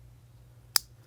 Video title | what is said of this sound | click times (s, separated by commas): Ruger MAX-9 Short Stroke Flat Trigger & Spring Kit – Full Disassembly & Installation Guide | And then you can hear a positive click once it's installed correctly. | 0.8 s